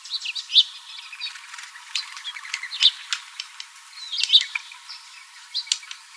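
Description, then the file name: Green kingfisher giving short, sharp clicking ticks, with a few brief brighter notes among scattered clicks. Recorded in Arizona. "GKIN deviche"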